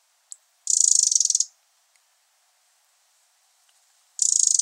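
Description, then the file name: Eurasian wren churring rattle: a harsh, fast, high buzzing burst of nearly a second, then a long pause before another rattle starts. "Troglodytes troglodytes"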